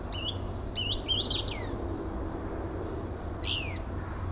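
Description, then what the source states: Couch's kingbird calls as a burst of high, sharp twittered notes early on, then a few thin descending chips near the end, over low background hum. Texas.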